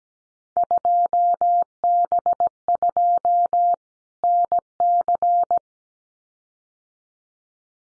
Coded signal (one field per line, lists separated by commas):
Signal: Morse code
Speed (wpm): 17 wpm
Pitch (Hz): 700 Hz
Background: none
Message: 2B2 NC